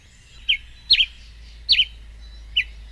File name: canto da pipira preta